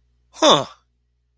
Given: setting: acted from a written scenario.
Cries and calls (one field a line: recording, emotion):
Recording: vocal sound without words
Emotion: interest